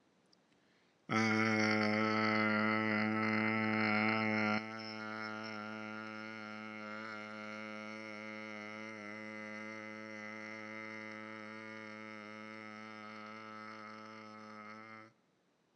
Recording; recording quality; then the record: sustained vowel as in made; excellent, no background noise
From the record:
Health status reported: healthy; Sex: male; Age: 42 years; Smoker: yes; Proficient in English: yes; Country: India